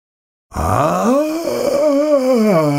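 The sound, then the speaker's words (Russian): A wild, wailing scream bursts in after half a second of silence and holds loud for over two seconds, its pitch sliding up and down in a strained, harmonic howl. “Услышав дикий вопль, я вздрогнул и сделал маленький шажок назад.”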